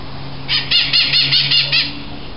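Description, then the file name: Bird calls, a fast run of several harsh, ringing notes, with a low steady hum in the background. "SABIOD 50 bird 2015"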